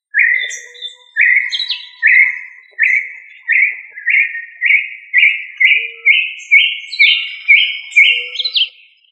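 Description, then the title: Quail calling a long run of many short whistled notes, creeping upward in pitch and quickening slightly, with faint high chirps behind. "Familia Tinamidae - Quail - Puyuh"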